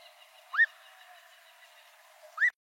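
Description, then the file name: Black-crowned monjita calls: two short rising whistled notes about two seconds apart, each sweeping upward and levelling off, over a faint steady background hiss. "Canto da noivinha coroada"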